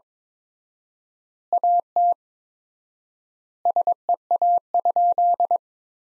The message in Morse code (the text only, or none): AT SEA?